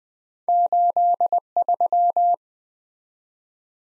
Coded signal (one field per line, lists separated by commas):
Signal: Morse code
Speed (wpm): 21 wpm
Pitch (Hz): 700 Hz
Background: none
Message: 83